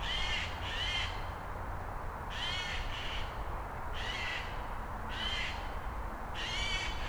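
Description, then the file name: Eurasian jay harsh rasping screeches, about seven short noisy calls at irregular intervals, over a low steady background rumble. "Garrulus glandarius"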